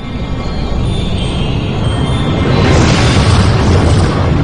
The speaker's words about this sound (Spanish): En 1104, una explosión catastrófica en el monte Hekla arrojó cenizas hacia la atmósfera. La lava y las cenizas expulsadas desde esta loma se dispersaron por todo el valle, cubriendo pueblos enteros